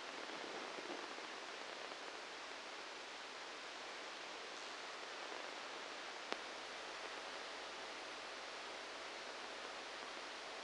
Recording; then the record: brain microelectrode recording played as sound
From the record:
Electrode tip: outside the subthalamic nucleus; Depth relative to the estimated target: -6 mm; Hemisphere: right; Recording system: NeuroSet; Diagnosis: Parkinson's disease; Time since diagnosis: 8 years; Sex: male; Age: 58 years